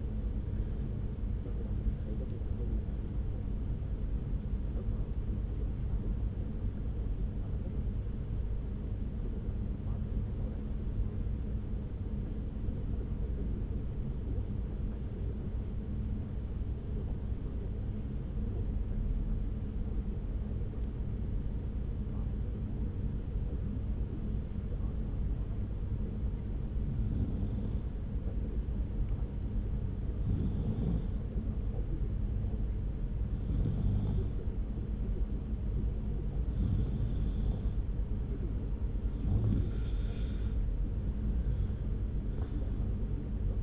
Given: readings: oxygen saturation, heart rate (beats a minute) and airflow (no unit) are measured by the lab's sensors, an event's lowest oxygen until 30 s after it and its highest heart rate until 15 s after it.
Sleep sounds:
breathing in sleep by a smartphone at the bedside; 1
9.00-39.00 s: new sleep stage, N1 (lightest sleep)
14.00-37.60 s: hypopnea (N1, oxygen 97% highest, then 91% lowest)
39.00-43.63 s: new sleep stage, N2 (light sleep)
From the record:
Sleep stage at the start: N2 (light sleep); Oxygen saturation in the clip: 90 to 97%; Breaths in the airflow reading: 15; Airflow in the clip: -1.8 to 1.6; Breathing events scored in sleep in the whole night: 335 in 6.7 hours asleep

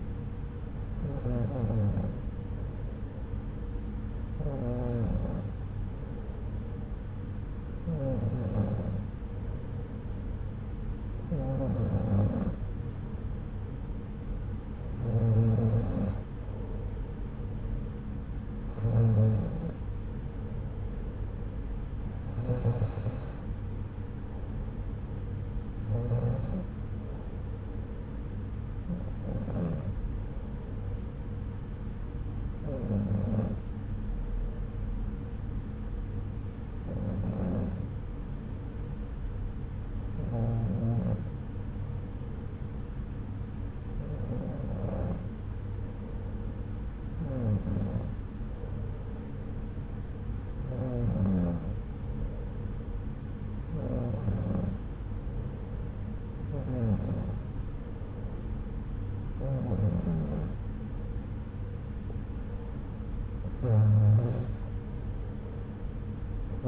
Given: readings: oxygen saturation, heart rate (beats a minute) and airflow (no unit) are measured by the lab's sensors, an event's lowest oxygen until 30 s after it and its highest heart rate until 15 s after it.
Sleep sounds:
breathing in sleep by a smartphone at the bedside; none
none scored
From the record:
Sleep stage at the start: N2 (light sleep); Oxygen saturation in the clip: 93 to 94%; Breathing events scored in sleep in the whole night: 303 in 8.1 hours asleep

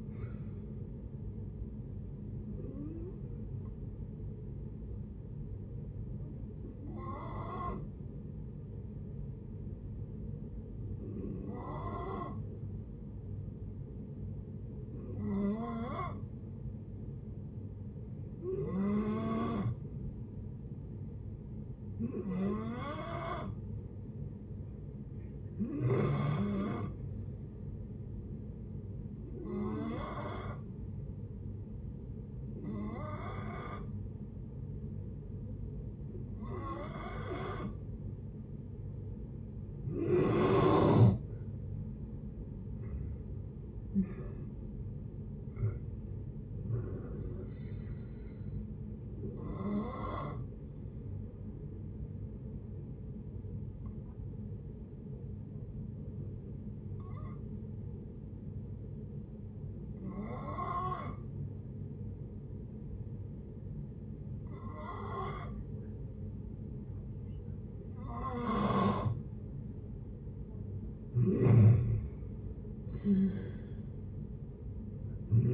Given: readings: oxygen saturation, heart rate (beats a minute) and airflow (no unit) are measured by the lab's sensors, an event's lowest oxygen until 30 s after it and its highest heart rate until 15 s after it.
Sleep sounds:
breathing in sleep by a smartphone at the bedside; 2
5.00-42.10 s: hypopnea (N1, oxygen 95% highest, then 87% lowest, heart rate 62 at the start, 78 highest)
16.00-75.53 s: new sleep stage, N2 (light sleep)
51.00-71.00 s: hypopnea (N2, oxygen 95% highest, then 86% lowest, heart rate 72 at the start, 75 highest)
From the record:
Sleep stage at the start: N1 (lightest sleep); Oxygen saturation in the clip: 85 to 95%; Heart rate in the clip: 56 to 78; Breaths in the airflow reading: 19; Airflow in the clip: -10.5 to 11.5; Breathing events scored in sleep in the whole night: 496 in 5.4 hours asleep

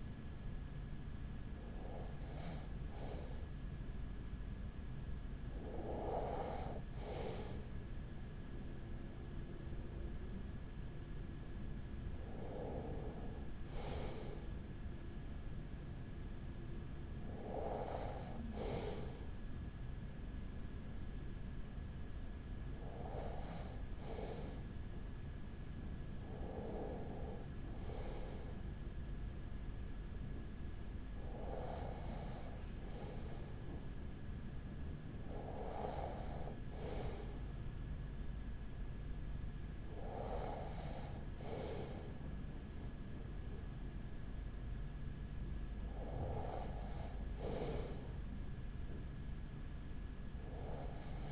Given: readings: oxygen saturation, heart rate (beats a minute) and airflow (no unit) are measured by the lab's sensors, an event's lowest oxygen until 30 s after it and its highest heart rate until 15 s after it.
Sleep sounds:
breathing in sleep by a smartphone at the bedside; none
37.00-51.32 s: new sleep stage, N2 (light sleep)
From the record:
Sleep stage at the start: N1 (lightest sleep); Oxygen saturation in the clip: 94%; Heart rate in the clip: 39 to 43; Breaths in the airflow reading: 10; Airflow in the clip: -5.9 to 4.7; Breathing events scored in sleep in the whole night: 207 in 7.6 hours asleep

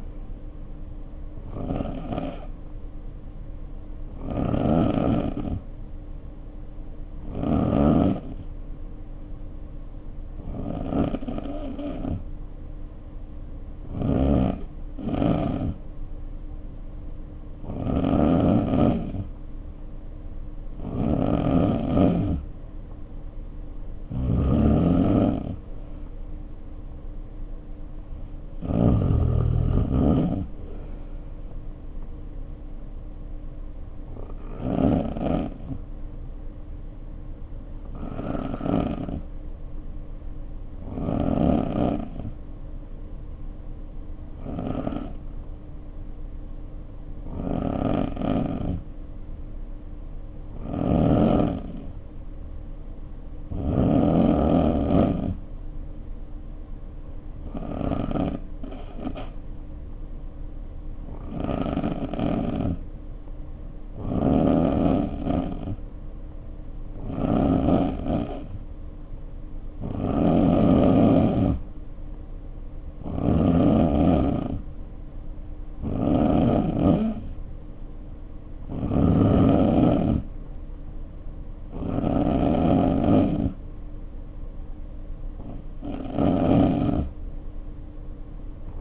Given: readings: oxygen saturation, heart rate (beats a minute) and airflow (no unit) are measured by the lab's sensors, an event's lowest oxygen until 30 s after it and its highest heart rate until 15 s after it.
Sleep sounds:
breathing in sleep by a smartphone at the bedside; 2
4.00-25.30 s: hypopnea (N3, oxygen 93% highest, then 90% lowest, heart rate 60 at the start, 60 highest)
43.00-69.50 s: hypopnea (N3, oxygen 94% highest, then 87% lowest, heart rate 53 at the start, 63 highest)
From the record:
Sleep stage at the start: N3 (deep sleep); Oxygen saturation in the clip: 88 to 94%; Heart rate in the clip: 52 to 63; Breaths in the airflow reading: 27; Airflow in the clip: -3.0 to 3.2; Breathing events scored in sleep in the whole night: 520 in 7.2 hours asleep

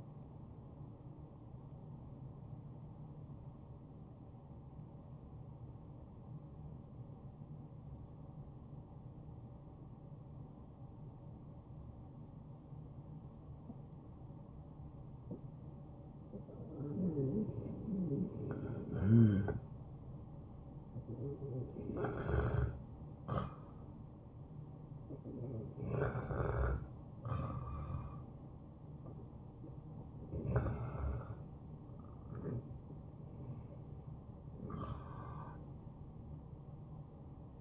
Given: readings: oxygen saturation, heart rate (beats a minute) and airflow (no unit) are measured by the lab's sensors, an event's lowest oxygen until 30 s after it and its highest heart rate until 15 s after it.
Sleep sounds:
breathing in sleep by a smartphone at the bedside; 1
4.00-16.80 s: obstructive apnea (REM, oxygen 73% highest, then 69% lowest, heart rate 88 at the start, 90 highest)
12.00-37.61 s: new sleep stage, N1 (lightest sleep)
From the record:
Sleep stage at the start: REM sleep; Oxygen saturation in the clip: 69 to 94%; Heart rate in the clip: 78 to 90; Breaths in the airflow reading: 6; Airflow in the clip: -7.6 to 4.9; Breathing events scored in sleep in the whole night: 263 in 5.5 hours asleep

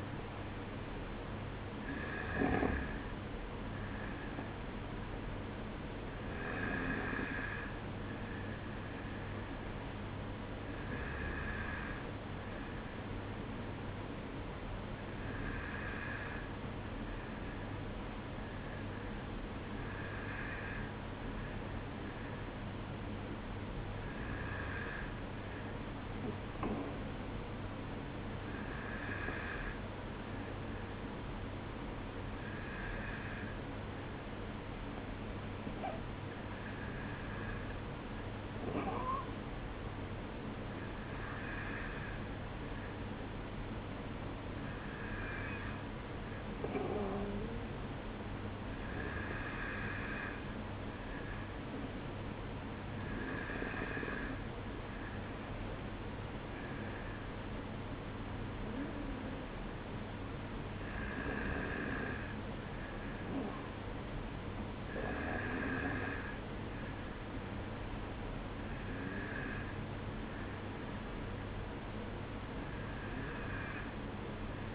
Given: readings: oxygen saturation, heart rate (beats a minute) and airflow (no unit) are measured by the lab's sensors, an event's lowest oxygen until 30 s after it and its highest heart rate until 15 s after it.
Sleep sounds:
breathing in sleep by a voice recorder at the bedside; none
19.00-74.75 s: new sleep stage, N2 (light sleep)
From the record:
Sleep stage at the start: N1 (lightest sleep); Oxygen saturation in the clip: 93%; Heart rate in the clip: 53 to 56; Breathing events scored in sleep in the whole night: 305 in 9.6 hours asleep

